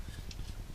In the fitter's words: the locks in place it's